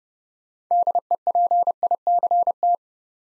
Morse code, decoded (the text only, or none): DEPICT